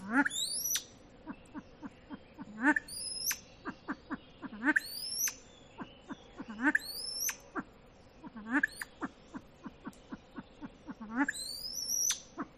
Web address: audio lophura-nycthemera-sound